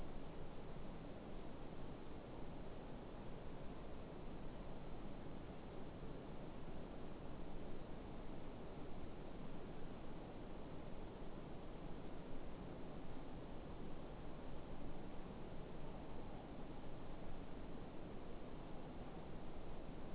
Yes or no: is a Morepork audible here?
no